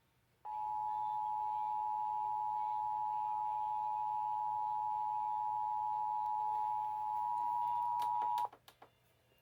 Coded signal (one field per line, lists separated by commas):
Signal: Emergency Alert System (SAME) tones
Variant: 853 and 960 Hz attention tone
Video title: TV EAS: Los Angeles - Required Monthly Test 11/24/20 (EAS #126)